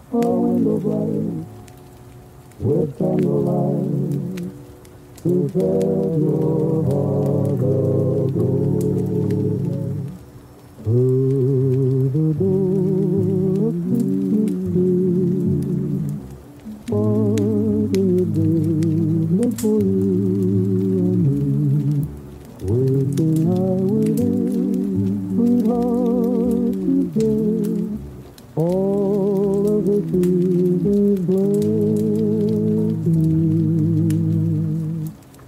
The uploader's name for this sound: Christmas oldies playing in another room